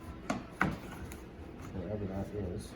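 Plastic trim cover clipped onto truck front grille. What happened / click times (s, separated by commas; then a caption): The plastic trim cover's clips snapped into place / 0.3 s, 0.6 s. A plastic trim cover is pushed back onto the front grille of a 2021 GMC truck, where it is held on only by clips. Sharp clip snaps are heard at 0.3 s and 0.6 s, followed by a fainter tap, and then someone talks. The cover is seated with its clips snapped into place.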